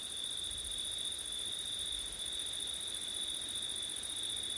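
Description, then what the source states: Cricket chorus trilling continuously on two high, unbroken pitches. Crickets on a windy September night; ORTF stereo.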